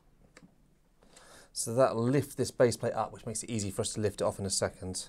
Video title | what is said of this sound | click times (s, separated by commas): Inspiron 5505 Ryzen Edition RAM Upgrade - Single Channel to Dual Channel Performance Boost! | makes my life even easier i can hear it pop there it goes | 0.4 s